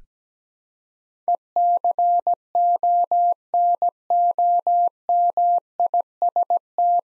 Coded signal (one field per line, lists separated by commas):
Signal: Morse code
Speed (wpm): 17 wpm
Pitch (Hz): 700 Hz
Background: none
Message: ECONOMIST